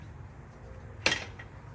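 Another panel latch on an Avaar folding wagon cart is latched into the cart frame, giving a sharp click at 1.1 s over low background hum, followed by a faint tick at 1.4 s. The click signals that the panel is engaged and securely locked.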